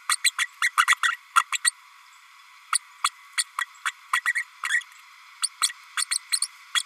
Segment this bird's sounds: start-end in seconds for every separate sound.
0.09-0.16, 0.24-0.31, 0.38-0.48, 0.61-0.71, 0.77-0.86, 1.03-1.16, 1.35-1.43, 1.52-1.58, 1.64-1.71, 2.72-2.78, 3.04-3.10, 3.37-3.44, 3.85-3.91, 4.13-4.21, 4.35-4.43, 4.69-4.81, 5.42-5.48, 5.61-5.69, 5.97-6.05, 6.11-6.18, 6.32-6.39, 6.74-6.83